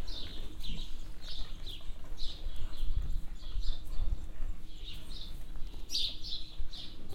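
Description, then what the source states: Swallow calls, repeated short twittering chirps throughout, over low rumbling and shuffling from livestock moving. Swallows inside a cow shed on a farm yard at Knaphoscheid, with livestock moving in their boxes.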